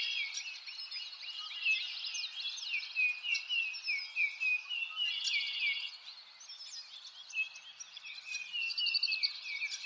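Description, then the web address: Birds chirping and trilling together, fast sweeping notes packed closely in the first half, then a softer stretch before the chorus picks up again. "Sound Effects-Lynne Music Nature-Ambience-Birds-In-A-Forest"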